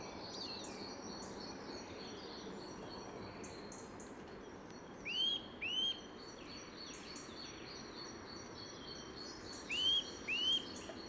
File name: Sitta europaea